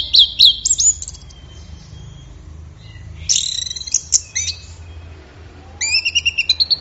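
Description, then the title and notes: Orange-headed thrush song with sharp high notes, a long quiet gap, a dense buzzy burst, and a closing rapid trill of evenly spaced chirps. Bird in full, vigorous song (gacor, teler), offered as a track for training songbirds; offline collection. "Anis Merah Gacor Teler Untuk. Kumpulan Suara Burung Anis Offline"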